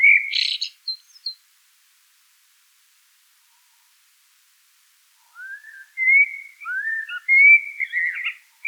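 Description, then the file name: Common blackbird singing: a squeaky twittered phrase ending, a long silent pause, then a rich whistled warble of fluty notes rising and falling. "Turdus merula"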